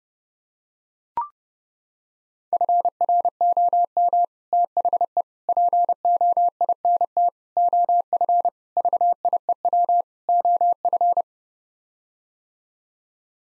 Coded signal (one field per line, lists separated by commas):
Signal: Morse code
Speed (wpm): 30 wpm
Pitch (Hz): 700 Hz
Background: none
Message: FROM THE POINT OF VIEW OF